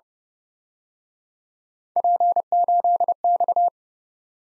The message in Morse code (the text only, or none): P8X